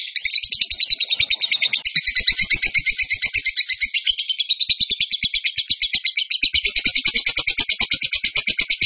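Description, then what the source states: Bird singing a quick, piercing run of clipped notes, steady and unbroken. Training song for songbirds, in the tembakan gacor style.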